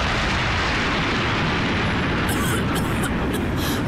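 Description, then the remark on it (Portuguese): A loud explosion sound effect: a sustained, heavy low-end roar that rumbles without letup, with crackling bursts of debris-like noise appearing in its second half. “E há mesmo quem apresente provas, em vídeo, de que falar ao telemóvel numa bomba de gasolina é coisa arriscada, passível de provocar uma explosão.”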